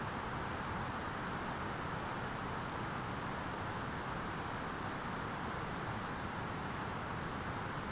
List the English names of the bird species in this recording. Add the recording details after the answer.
none. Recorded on Arctic tundra, site ZACK-1, on 13 June 2019. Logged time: 03:49